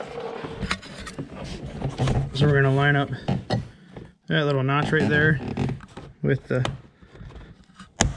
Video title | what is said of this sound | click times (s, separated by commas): How To: 2015 Mitsubishi Outlander Front door panel removal | It just snaps back into place. | 8.0 s